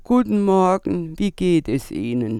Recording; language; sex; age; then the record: spoken sentence; German; female; 60 to 69 years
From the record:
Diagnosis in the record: presbyphonia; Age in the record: 68 years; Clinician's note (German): Subglottale Cyste